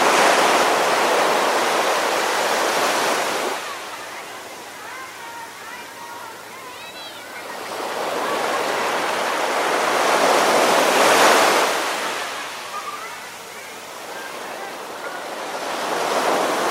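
Waves wash ashore in slow surges, one rush easing after about three seconds, another swelling near eleven and a third building at the end. In the quieter gap between, gulls call overhead in short, wavering cries, with a fainter call later.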